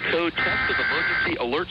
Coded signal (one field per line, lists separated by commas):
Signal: Emergency Alert System (SAME) tones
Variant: header bursts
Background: speech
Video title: Eas Alert Example For The EAS Spanish Fan Radio